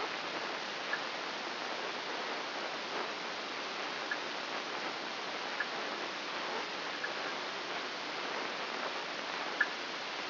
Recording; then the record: brain microelectrode recording played as sound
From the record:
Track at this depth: inside the subthalamic nucleus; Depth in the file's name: 3.801 mm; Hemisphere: right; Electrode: 2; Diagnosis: Parkinson's disease